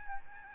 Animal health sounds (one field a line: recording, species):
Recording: mosquito wingbeat signal from an infrared sensor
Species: Aedes albopictus